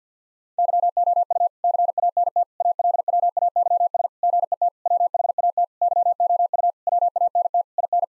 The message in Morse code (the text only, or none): YOU CANT ALWAYS GET WHAT YOU WANT IN